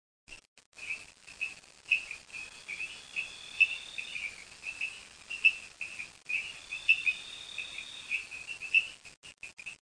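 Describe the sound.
Frog calling with short, high, clear notes repeated irregularly over a faint hiss, with scattered clicks throughout.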